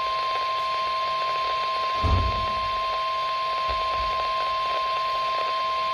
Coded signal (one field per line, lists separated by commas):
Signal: Emergency Alert System (SAME) tones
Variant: 1050 Hz attention tone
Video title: WELCOME TO 2022 - EAS Tests from 01/04/2022-01/05/2022 (EAS #385-388)